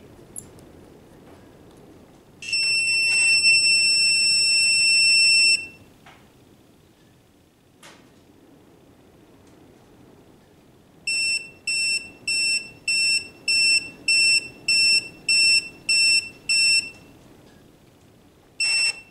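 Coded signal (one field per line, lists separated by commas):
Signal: beep code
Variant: EggTimer Apogee controller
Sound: one long piercing 3-second beep, pause, then ten short even beeps, another starting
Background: quiet room hum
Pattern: 1 long, 10 short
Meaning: Power-up self-test beep sequence indicating the controller is working as expected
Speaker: the manual says to do a preliminary test and listen for a certain beep sequence so i've got the battery hooked up and i'm going to close the screw switch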